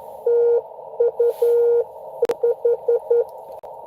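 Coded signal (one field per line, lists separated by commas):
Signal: Morse code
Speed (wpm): 11 wpm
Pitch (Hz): 470 Hz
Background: none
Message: TU H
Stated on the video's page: Live park activation (POTA).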